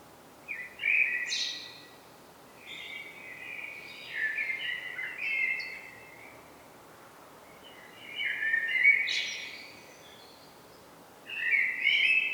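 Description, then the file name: Common blackbird song: several fluting phrases, each with a brief high squeaky flourish, spaced a few seconds apart. "Turdus merula"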